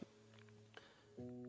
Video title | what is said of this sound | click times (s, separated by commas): Exploring The Bambu Lab X1 Carbon 3d Printer & AMS | if you can see what you're doing there we go it snaps right in place | 0.8 s